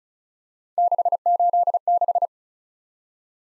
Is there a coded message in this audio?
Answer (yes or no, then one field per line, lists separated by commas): yes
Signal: Morse code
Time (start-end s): 0.8-2.3 s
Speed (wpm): 36 wpm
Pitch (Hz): 700 Hz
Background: none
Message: 686